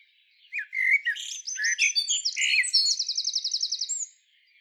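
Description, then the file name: Common blackbird warbling: fluty whistled notes running into a busy jumble of squeaky twitters, ending in a fast, even, high trill of repeated notes. "Turdus merula"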